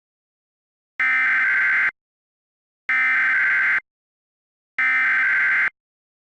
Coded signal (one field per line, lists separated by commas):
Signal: Emergency Alert System (SAME) tones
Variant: header bursts